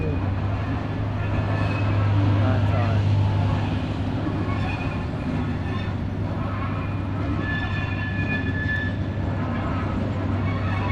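A harbour railway freight train rumbles steadily past at the harbour in Braunschweig, Germany, a deep continuous roar with rattling freight wagons and faint squealing tones, while people murmur indistinctly in the background.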